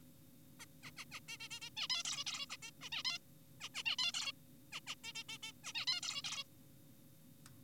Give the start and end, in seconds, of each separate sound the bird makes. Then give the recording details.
0.60-0.66, 0.83-0.91, 0.97-1.05, 1.12-1.20, 1.28-1.38, 1.40-1.48, 1.51-1.60, 1.62-1.70, 1.77-1.88, 1.90-2.03, 2.05-2.24, 2.27-2.46, 2.50-2.57, 2.63-2.71, 2.81-2.89, 2.92-3.03, 3.05-3.18, 3.61-3.69, 3.74-3.83, 3.86-3.96, 3.99-4.12, 4.14-4.32, 4.72-4.80, 4.87-4.95, 5.04-5.13, 5.15-5.24, 5.29-5.38, 5.43-5.52, 5.64-5.73, 5.75-5.86, 5.88-6.01, 6.03-6.22, 6.24-6.44. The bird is an adult. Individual g4p5U